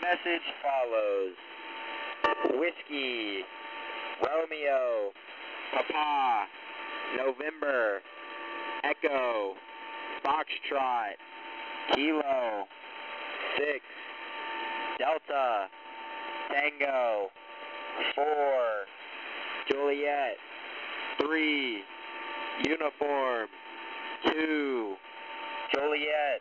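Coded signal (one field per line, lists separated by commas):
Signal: coded military voice message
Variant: USAF HFGCS EAM, English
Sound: male voice reading phonetic letters and digits over HF radio, evenly paced, with static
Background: radio static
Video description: This message was initially broadcast on 8992.0 kHz on December 4th, 2023, and is an encrypted message from a station with the callsign "Railbird" addressed to all stations.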